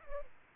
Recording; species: mosquito wingbeat signal from an infrared sensor; Aedes aegypti